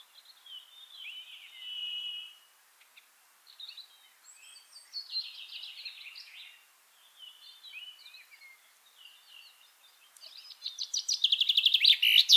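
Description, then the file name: Common chaffinch: about ten seconds of quieter mixed twittering and chirps, then a loud, fast run of repeated sharp notes at the end. "Fringilla coelebs"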